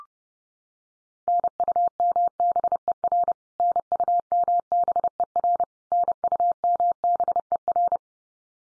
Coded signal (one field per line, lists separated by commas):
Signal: Morse code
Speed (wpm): 30 wpm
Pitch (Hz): 700 Hz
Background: none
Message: NUMBER NUMBER NUMBER